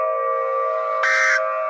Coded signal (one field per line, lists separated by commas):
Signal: Emergency Alert System (SAME) tones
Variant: end-of-message bursts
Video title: EAS Scenario The Beatle From My Nightmare